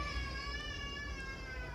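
A faint, sustained high-pitched wail with a slight downward glide, heard at a distance behind a low room hum. It is a baby crying in the background; the tone is steady and cat-like rather than broken into short sobs.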